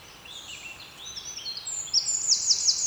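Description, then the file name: Eurasian wren calling with soft high notes that build into a loud, very high rapid trill of sharp repeated strokes near the end. "Troglodytes troglodytes"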